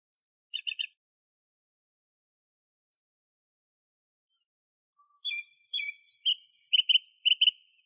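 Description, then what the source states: Song thrush song: a quick three-note figure, a long silence, then a sharp note repeated several times in a row, each repetition crisp and whistled. Masteran recording used for training songbirds.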